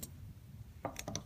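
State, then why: Not seated. An internal bypass spring and poppet is handled at its hole in an SWP-4000 pump head, where a locking mechanism at the bottom will snap it into place when pushed in firmly. Short, bright clicks sound near 0.0 s, 1.0 s and 1.2 s, with a duller knock around 0.8 s over a low background hum. Nothing has seated or clicked into place yet.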